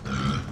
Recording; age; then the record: pig call; growing-finishing pig (85 days or more)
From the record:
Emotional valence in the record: positive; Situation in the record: run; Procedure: transit